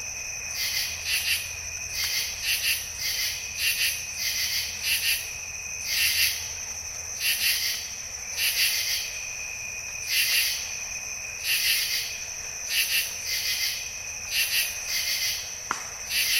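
A diffuse evening chorus of bird-voiced treefrogs, heard as bright, rapid pulsed bursts that recur about every second, some overlapping as several callers answer one another. A steady high insect whine runs underneath, with a faint low hum early on and a single sharp click near the end.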